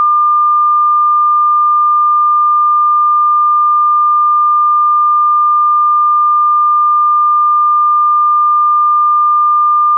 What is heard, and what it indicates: Heart Beat Monitor Flat Line.